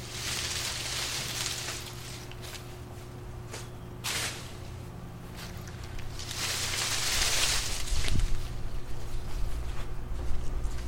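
Cutting down small apple trees: bursts of rustling branches and sharp snaps over a steady low hum, growing louder after eight seconds.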